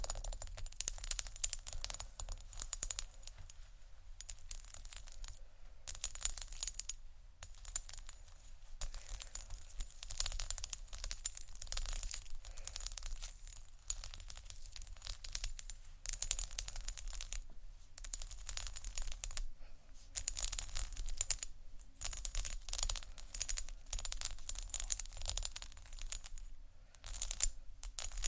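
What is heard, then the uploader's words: Hard objects scratch and tap across tiles in a busy stream of bright clicks and gritty scrapes, with brief pauses throughout. Tiles Scratch & Tap (stone, seashell, glass, etc) (No Talking).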